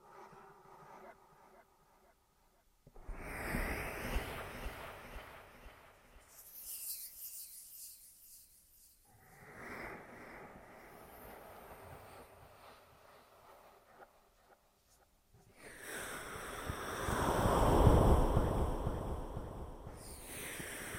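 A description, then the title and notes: Ear massage: rubbing and scraping noises in separate bursts, starting near three seconds, again around ten, and a louder, fuller stretch from about sixteen seconds to the end. Between bursts there are quiet gaps with faint rustling, and the sounds swell and fade rather than holding steady. Ear Massage.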